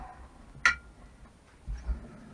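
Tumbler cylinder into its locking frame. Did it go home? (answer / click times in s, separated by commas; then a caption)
yes / 0.7 s. A tumbler cylinder is placed on its DIY frame and its new locking system is engaged, locking the cylinder into place. A single loud, sharp click is heard at 0.7 s over quiet background noise, followed by a couple of soft low thumps around 1.7–1.9 s. The cylinder is seated and no longer moves.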